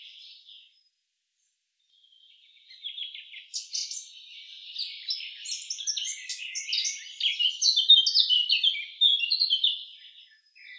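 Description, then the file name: Eurasian blackcap song, starting with a brief note, then a pause, then a long rambling warble of quick varied notes growing louder. "Sylvia atricapilla"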